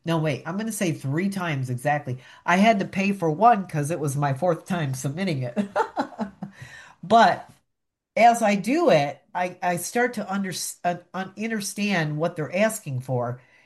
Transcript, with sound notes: No, wait, I'm going to say three times exactly. I had to pay for one, 'cause it was my fourth time submitting it.
(laughs) But as I do it, I, I start to under- uh, uh, understand what they're asking for